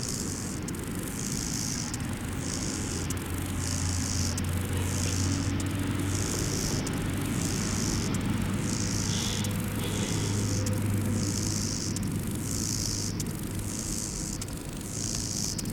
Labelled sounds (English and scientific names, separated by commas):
Lesser Marsh Grasshopper (Chorthippus albomarginatus) stridulation